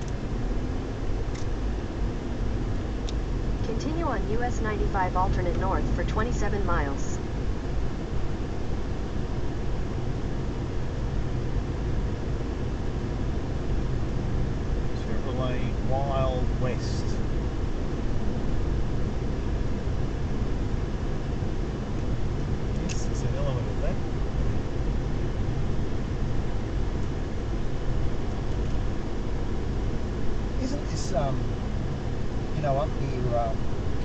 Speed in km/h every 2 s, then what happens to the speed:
37, 45, 55, 54, 53, 57, 63, 65, 68, 72, 72, 72, 72, 72, 72, 72, 73.
0-4 speeds up to 55. 4-10 steady at about 54. 10-17 speeds up to 72. 17-34 steady at about 72.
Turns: none.